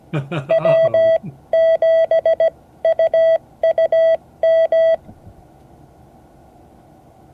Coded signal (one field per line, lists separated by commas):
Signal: Morse code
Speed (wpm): 17 wpm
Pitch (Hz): 660 Hz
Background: speech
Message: W7UUM